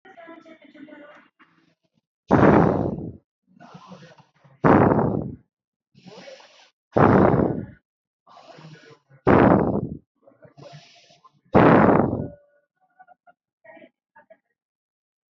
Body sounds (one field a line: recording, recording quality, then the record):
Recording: shallow breathing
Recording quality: excellent, no background noise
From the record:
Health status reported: healthy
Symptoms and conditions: none ticked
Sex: male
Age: 38 years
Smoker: not ticked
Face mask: not worn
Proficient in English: yes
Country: India